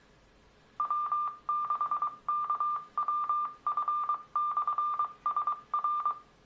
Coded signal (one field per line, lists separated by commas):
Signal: Morse code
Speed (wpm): 22 wpm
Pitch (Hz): 1190 Hz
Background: none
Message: W6KWF/SR